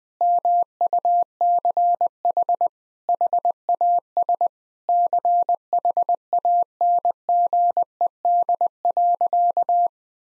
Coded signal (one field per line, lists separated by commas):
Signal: Morse code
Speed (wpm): 20 wpm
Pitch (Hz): 700 Hz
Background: none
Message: MUCH HAS CHANGED.